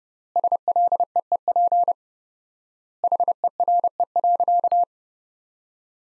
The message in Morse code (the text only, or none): SLEEP HERE.